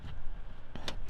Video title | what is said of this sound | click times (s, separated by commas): 2021 Chrysler Pacifica Limited AWD (SE 10, EP 7) | Once it clicks, that means it's in place, and now it's beneath the floor. | 0.9 s